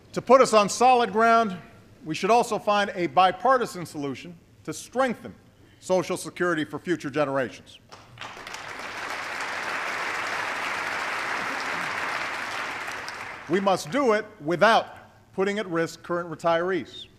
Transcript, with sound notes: To put us on solid ground, we should also find a bipartisan solution to strengthen Social Security for future generations. (Applause.) We must do it without putting at risk current retirees,